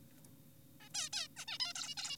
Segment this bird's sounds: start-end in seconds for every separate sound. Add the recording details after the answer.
0.80-0.89, 0.95-1.09, 1.13-1.28, 1.37-1.45, 1.48-1.58, 1.60-1.74, 1.76-1.95, 1.97-2.16. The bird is an adult. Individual g4p5U